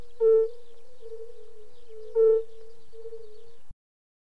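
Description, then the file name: European fire-bellied toad calling: two soft, low, hooting 'oop' notes about two seconds apart over a steady chorus of similar toad notes. "klokkefrø"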